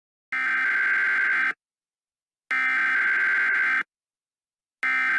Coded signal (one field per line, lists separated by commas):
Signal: Emergency Alert System (SAME) tones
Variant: header bursts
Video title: Creatures of the blood moon (EAS and also your Halloween video)